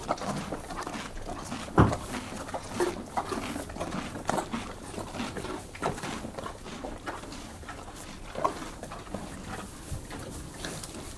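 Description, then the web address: Horse chewing: steady crunching and grinding bites with occasional sharper cracks, mixed with soft rustling and shuffling throughout. One horse eating a carrot and moving around in a stable with straw on the floor. "BBC Horses Stables"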